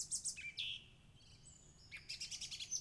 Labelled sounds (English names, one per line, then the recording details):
Song Thrush
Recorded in Germany
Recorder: ecoPi